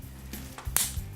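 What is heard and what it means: The plastic head of a Honeywell 16" double-blade pedestal stand fan is tilted on its stand to adjust it, giving a couple of soft knocks around 0.3 and 0.6 s over a low steady hum. At 0.8 s the tilt joint snaps into its detent position with a single sharp click, locking the head in place.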